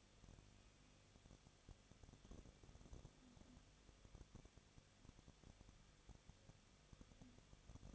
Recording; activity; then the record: daily activity, microphone in the room; no activity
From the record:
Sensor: 4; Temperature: 23.0 degrees Celsius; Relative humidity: 34.2%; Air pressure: 1007.4 hPa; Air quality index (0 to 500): 212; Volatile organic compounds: 14 ppm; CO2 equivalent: 2437 ppm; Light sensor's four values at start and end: 2/3/1/1 and 2/3/1/1